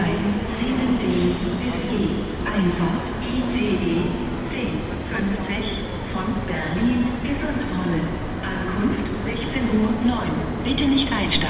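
A busy station platform with overlapping voices of many people talking, a steady crowd murmur filling the whole stretch. Beneath the chatter runs a constant low rumble, and a thin high hiss appears for a few seconds early on.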